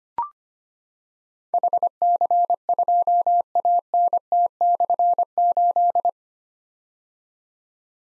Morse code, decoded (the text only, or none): HC2ANT/8